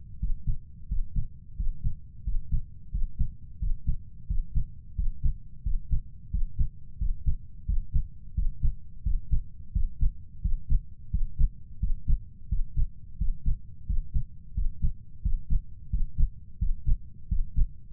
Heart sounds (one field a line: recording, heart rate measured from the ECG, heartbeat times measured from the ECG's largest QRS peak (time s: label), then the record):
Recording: heart sounds by stethoscope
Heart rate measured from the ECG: 88 bpm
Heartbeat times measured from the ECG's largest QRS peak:
0.21 s: heartbeat
0.90 s: heartbeat
1.58 s: heartbeat
2.26 s: heartbeat
2.93 s: heartbeat
3.61 s: heartbeat
4.29 s: heartbeat
4.97 s: heartbeat
5.65 s: heartbeat
6.32 s: heartbeat
7.00 s: heartbeat
7.68 s: heartbeat
8.36 s: heartbeat
9.05 s: heartbeat
9.74 s: heartbeat
10.43 s: heartbeat
11.12 s: heartbeat
11.81 s: heartbeat
12.51 s: heartbeat
13.20 s: heartbeat
13.88 s: heartbeat
14.56 s: heartbeat
15.24 s: heartbeat
15.92 s: heartbeat
16.60 s: heartbeat
17.30 s: heartbeat
From the record:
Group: healthy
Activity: breath hold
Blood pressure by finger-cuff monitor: 129/78 mmHg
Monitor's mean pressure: 90 mmHg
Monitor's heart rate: 87 bpm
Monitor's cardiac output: 7 L/min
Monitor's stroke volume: 79 mL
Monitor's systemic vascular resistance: 950 dyn s/cm5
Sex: male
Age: 21 years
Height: 175 cm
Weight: 72.6 kg